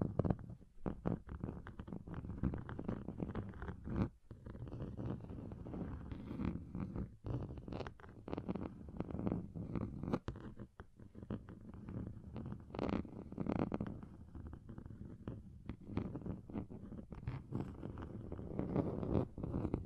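Continuous low, rough scratching across a table surface, dense and uneven, with brief sharper scrapes and short pauses throughout.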